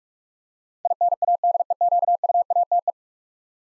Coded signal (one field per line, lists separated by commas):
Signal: Morse code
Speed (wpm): 44 wpm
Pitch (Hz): 700 Hz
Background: none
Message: INADEQUATE